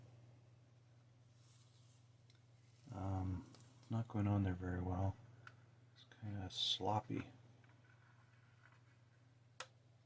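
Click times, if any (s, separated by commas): 9.6 s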